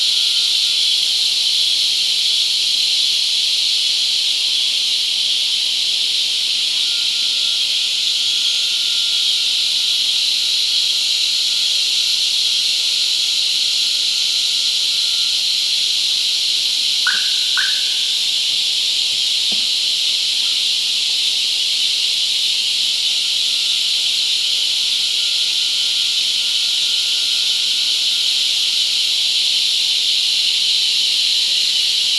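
Cicadas shrill in a dense, unbroken hiss that sits high and bright and holds steady for the full half minute. A thin faint tone drifts underneath, and around seventeen seconds two quick chirps ring out, followed by a soft tap near twenty seconds.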